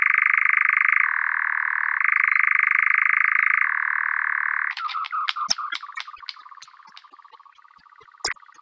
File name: Eurasian Nightjar